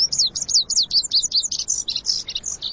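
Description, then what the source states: Lazuli Bunting song: a quick, continuous run of very high, sweet, slurred notes and short phrases, varied and energetic throughout. Sitting atop an elderberry spike, head tipped back while singing; heard in summer in brushy canyons of the western region.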